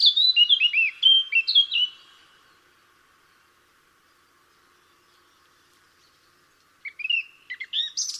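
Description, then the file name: Eurasian blackcap song: a quick burst of bright warbling notes, a long silent gap, then another warbling phrase starts. "Sylvia atricapilla"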